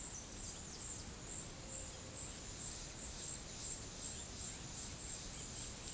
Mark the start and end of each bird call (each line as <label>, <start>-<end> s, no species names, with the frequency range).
bird call (3.8-10.0 kHz), 0.00-1.08 s